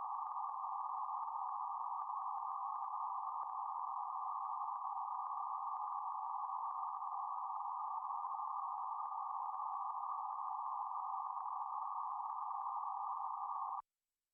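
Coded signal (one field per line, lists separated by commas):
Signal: PSK31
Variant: BPSK31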